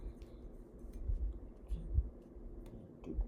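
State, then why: Not seated. A plastic activation plate is handled and lined up with the blue square marker on a toy lightsaber hilt skeleton before being pushed home. Only faint ticks are heard, and nothing has seated or clicked yet.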